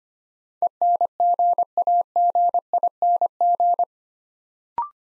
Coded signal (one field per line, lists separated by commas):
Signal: Morse code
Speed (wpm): 25 wpm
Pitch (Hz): 700 Hz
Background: none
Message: ENGAGING